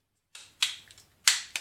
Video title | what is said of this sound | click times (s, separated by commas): Power of the Primes Starscream and Grimlock combiner modes first impressions | this then clicks | 1.3 s